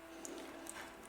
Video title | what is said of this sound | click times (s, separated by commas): Relógio casio g-shock GBD-200-9 (G-SQUAD) Primeira parte | y evita que se deslice la pulsera, como se traba | 0.2 s, 0.7 s